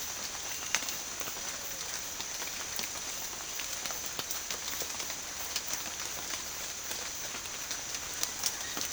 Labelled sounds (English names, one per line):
Pale-vented Pigeon